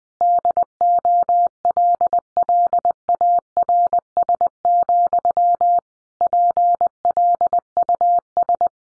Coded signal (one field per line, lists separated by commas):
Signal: Morse code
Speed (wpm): 20 wpm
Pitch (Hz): 700 Hz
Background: none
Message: DOLLARS, PLUS